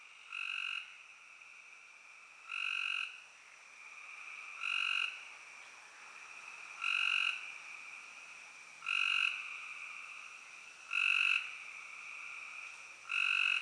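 Spring peeper chorus with a thin continuous high tone, broken by louder bursts of massed calling roughly every two seconds.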